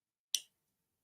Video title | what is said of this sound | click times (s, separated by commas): Live Airbrushing: Z Scale Warehouse Walls & S Scale Furniture for Model Railroad Kits | I heard it snap | 0.3 s